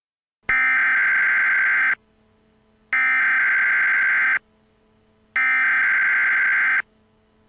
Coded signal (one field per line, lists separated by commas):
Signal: Emergency Alert System (SAME) tones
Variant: header bursts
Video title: EAS Mock - Miami Hurricane